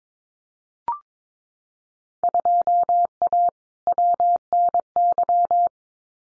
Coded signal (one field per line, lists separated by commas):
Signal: Morse code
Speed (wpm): 22 wpm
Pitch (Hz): 700 Hz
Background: none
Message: 2A WNY